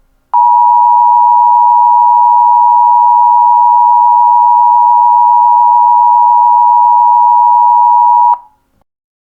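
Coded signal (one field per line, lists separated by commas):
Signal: Emergency Alert System (SAME) tones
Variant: 853 and 960 Hz attention tone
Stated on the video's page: Simulated EAS scenario with valid SAME tones, part of a fictional horror-themed alert.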